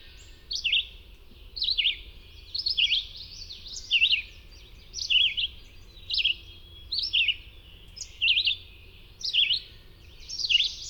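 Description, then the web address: Red-eyed vireo singing, varied whistled phrases delivered roughly once per second against a low background hum. "Songs of Birds of North America Know Your Bird Sounds. Red-eyed Vireo"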